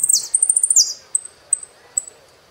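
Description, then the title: Saffron finch song: a quick high trill ending in a downslurred buzzy note, then three thin, short, high whistles spaced apart. "Jilguero Argentino"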